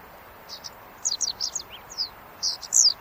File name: Golosa ptic - YAponskaya tryasoguzka Motacilla grandis